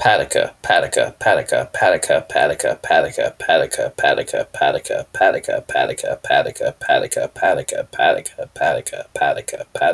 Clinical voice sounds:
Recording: repeated syllables /pa ta ka/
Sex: male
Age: 30 to 39 years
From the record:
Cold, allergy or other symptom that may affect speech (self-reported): no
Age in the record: 31 years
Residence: South Carolina, United States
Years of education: 16

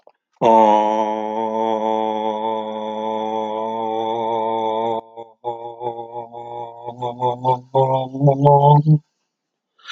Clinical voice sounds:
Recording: vowel held as long as possible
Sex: male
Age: 40 to 49 years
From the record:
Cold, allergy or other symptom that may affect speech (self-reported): no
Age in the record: 42 years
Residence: Texas, United States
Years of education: 19

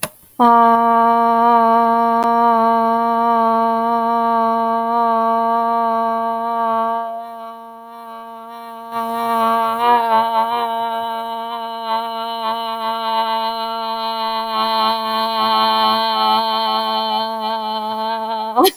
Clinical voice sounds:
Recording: vowel held as long as possible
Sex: female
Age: 20 to 29 years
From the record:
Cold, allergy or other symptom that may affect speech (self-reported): no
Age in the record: 28 years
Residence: Colorado, United States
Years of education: 16

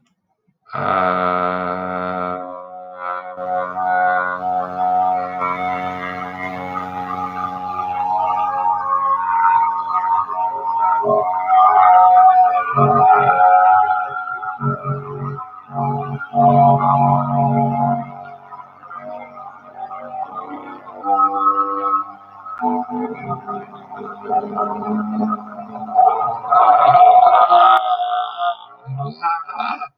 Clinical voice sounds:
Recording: vowel held as long as possible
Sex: male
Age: 40 to 49 years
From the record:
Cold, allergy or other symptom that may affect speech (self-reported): no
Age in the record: 49 years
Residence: New York, United States

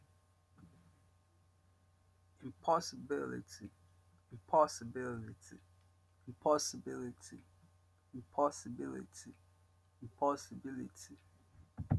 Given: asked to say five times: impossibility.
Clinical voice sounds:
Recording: repeated word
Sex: male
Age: 50 to 59 years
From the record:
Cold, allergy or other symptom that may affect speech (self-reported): no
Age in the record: 50 years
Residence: United States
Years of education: 16

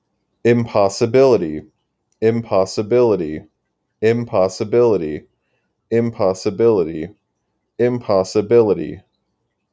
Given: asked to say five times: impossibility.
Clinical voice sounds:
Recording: repeated word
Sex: male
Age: 20 to 29 years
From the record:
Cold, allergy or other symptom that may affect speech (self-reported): no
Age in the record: 28 years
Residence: Massachusetts, United States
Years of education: 16

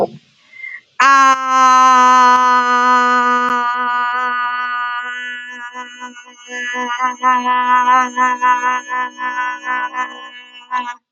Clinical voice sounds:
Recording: vowel held as long as possible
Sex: female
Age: 30 to 39 years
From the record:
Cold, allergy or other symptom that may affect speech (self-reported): no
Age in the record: 37 years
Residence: Florida, United States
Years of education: 19

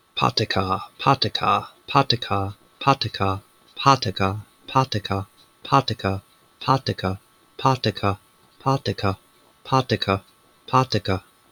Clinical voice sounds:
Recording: repeated syllables /pa ta ka/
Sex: male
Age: 30 to 39 years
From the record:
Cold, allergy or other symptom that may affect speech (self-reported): no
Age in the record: 36 years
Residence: Michigan, United States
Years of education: 17

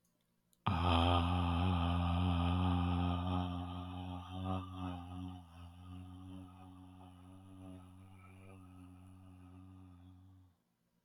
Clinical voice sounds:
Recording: vowel held as long as possible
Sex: male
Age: 30 to 39 years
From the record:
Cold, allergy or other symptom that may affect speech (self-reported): no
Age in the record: 33 years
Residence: Florida, United States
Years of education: 15

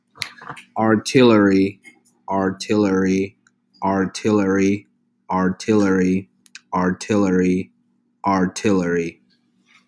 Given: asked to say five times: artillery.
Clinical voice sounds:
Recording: repeated word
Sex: male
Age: 30 to 39 years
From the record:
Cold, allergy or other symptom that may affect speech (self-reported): no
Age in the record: 36 years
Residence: New York, United States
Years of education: 18

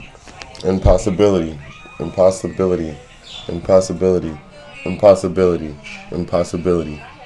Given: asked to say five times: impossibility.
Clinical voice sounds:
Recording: repeated word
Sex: male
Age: 30 to 39 years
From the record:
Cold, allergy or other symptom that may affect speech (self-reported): no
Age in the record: 32 years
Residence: Virginia, United States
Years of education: 12

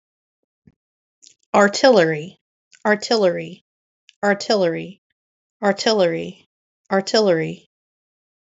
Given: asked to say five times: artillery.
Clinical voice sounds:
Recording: repeated word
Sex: female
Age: 30 to 39 years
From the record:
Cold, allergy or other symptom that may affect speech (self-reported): no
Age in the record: 38 years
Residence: United States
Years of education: 14

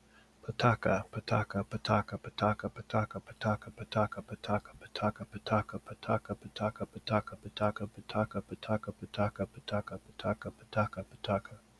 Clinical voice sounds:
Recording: repeated syllables /pa ta ka/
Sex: male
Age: 40 to 49 years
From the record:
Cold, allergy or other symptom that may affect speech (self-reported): no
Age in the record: 40 years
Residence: Minnesota, United States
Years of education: 12

